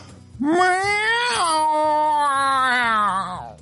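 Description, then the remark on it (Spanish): A voice imitates a cat with one long, drawn-out meow that starts high, holds a wavering tone and slowly slides lower for about three seconds. It is loud, with no other sounds. “¡Claro que no eres un gato! ¡Sí lo soy! ¡Mira cómo digo!”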